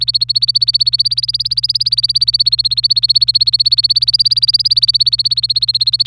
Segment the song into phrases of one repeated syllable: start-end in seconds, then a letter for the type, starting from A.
0.01-6.06 A